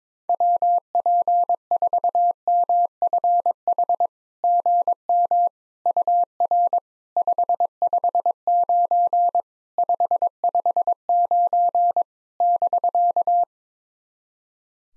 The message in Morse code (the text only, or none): WP4MFH GM UR 559 559 <BK>